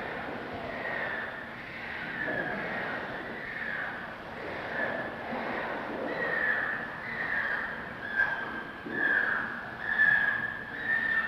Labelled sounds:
Humboldt Penguin (Spheniscus humboldti) call
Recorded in captivity
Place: Tierpark Hellabrunn, Bayern, DE
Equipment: Halbspur, 9,5 cm/s
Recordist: Lütgens, Hans

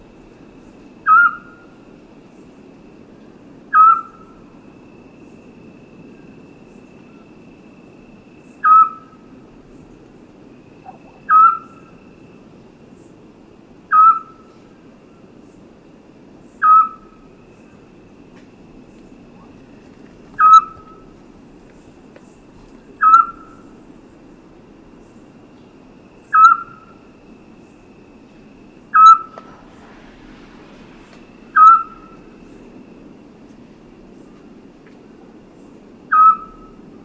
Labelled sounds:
Eurasian Scops Owl (Otus scops)
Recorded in the wild
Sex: male
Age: adult
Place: Tiuccia, Corsica, FR
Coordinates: 42.0703, 8.73083
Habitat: urban place
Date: 2011-07-19
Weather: 20°C, clear, almost windless
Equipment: Fostex FR2-LE, Sennheiser ME66, Popschutz
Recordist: Frommolt, Karl-Heinz

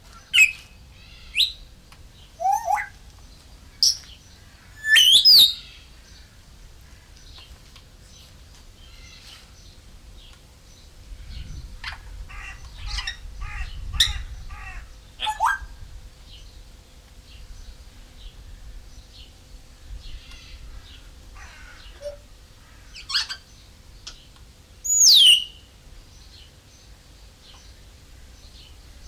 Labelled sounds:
Grey Parrot (Psittacus erithacus)
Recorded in captivity
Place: Zoo Berlin, Berlin, DE
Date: 1996-06-01 12:32
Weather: sonnig, 22°C
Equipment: Sony MD-WM MZ-R3, Sennheiser MKH 416 T, Kopie Uher 4000 Report Monitor
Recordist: Tembrock, Günter

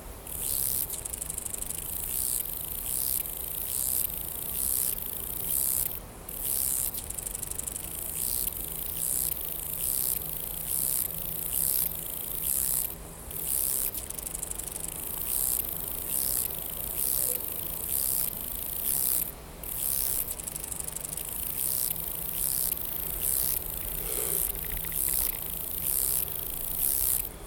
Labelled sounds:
Lesser Marsh Grasshopper (Chorthippus albomarginatus) stridulation
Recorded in the wild
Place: Eutin, Holsteinische Schweiz, Schleswig-Holstein, DE
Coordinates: 54.132, 10.614
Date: 1992-09-15 12:15
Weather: leicht windig, 18°C
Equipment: Marantz CP 430, Sennheiser ME 80, Kopie Tesla B 116
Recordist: Tembrock, Günter

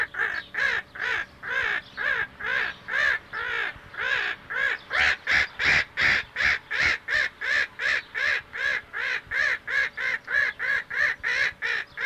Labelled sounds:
Black-headed Gull (Chroicocephalus ridibundus) call
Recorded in captivity
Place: Zoo Rotterdam, DE
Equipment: Halbspur, 9,5 cm/s
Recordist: Lütgens, Hans

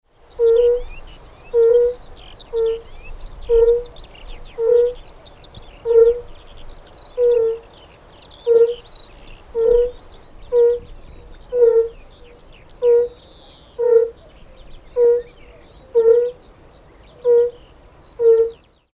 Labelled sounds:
Fire-Bellied Toad (Bombina bombina)
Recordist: Frommolt, Karl-Heinz
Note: Paarungsrufe

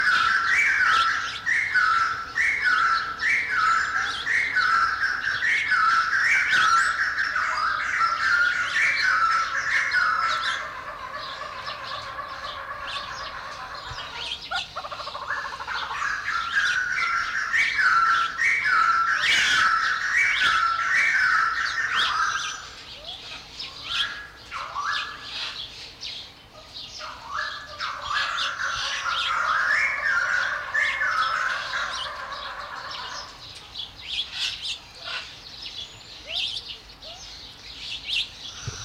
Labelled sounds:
White-crested Laughingthrush (Garrulax leucolophus) call
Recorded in captivity
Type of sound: call, call sequence
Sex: pair
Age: adult
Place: Zoo Halle, Sachsen-Anhalt, DE
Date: 1993-04-24
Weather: heiter, 16-24 °C
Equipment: Sony WM-D6C, Sony ECM-939 LT, Kopie Uher Variocord 263
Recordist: Tembrock, Günter
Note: Paar-Rufreihen (aus dem Innenraum, ca. 20 m)

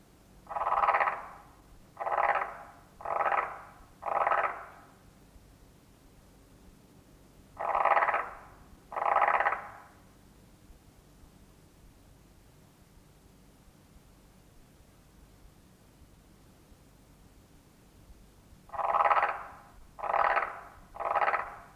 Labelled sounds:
Marsh Frog (Pelophylax ridibundus) call
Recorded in captivity
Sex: male
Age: adult
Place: Museum für Naturkunde Berlin, Berlin, DE
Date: 1966-04-25 22:30
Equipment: Smaragd, Grundig-Mikrofon
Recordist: Günther, Rainer

